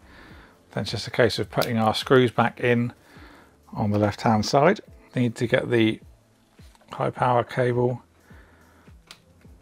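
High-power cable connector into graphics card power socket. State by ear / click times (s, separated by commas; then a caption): seated / 9.1 s. A 12-pin high-power cable connector is pushed into a graphics card's power socket until its plastic latch clips. Someone talks through most of the clip. A short, sharp click at 9.1 s confirms the connector is seated.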